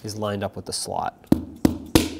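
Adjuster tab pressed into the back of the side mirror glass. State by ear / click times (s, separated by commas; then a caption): seated / 2.0 s. Someone talks, then a small rubber mallet taps three times on a plastic adjuster tab on the back of a 2003-2008 Toyota Corolla side-mirror glass, with the tab's cutout lined up with the slot. The sharpest tap, at 2.0 s, pops the tab into place, seating it.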